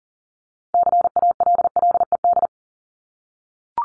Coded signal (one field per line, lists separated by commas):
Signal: Morse code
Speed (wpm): 40 wpm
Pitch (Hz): 700 Hz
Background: none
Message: CALLED